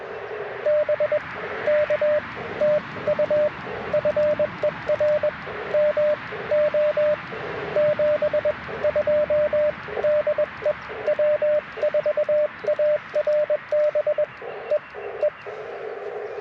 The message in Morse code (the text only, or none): BK TU FER MO 72 DE W4ARB E E